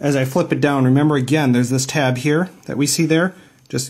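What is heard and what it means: A leg of a camera monopod/tripod is flipped down past its release tab toward its locked hinge position while a man talks. Nothing has seated or clicked yet; the clip ends just before the leg locks into place.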